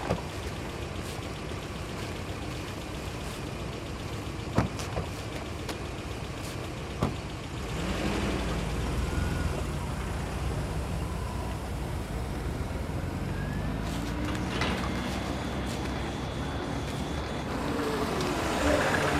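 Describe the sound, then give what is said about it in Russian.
A car engine idles with a steady low rumble, a couple of sharp clicks early on, then the engine revs up and the vehicle pulls away, its drone swelling and shifting in pitch. “Выходит из дома, садится в машину.”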